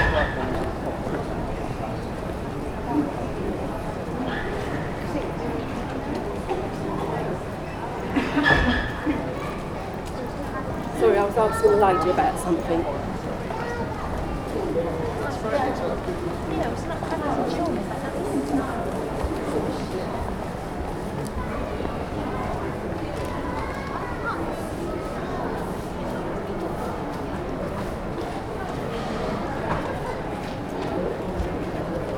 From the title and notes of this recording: Up-market shopping street. Captured on a street that is home to high-end shops. The street is busy with people shopping for Christmas gifts. It is late afternoon.